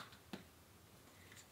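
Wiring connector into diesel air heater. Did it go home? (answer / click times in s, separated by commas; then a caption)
yes / 0.3 s. A wiring connector is pushed home into an Espar Eberspächer Airtronic S2 D2L diesel air heater. It gives a single sharp click at 0.3 s against a quiet background, and the connector seats.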